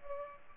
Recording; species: mosquito wingbeat signal from an infrared sensor; Culex pipiens